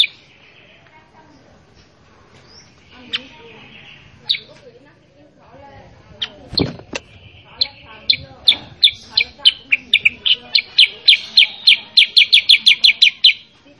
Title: Masteran Kutilang Sutra. MASTERAN BURUNG KUTILANG SUTRA BIKIN KUTILANG SUTRA BAHAN LANGSUNG RESPON BUNYI GACOR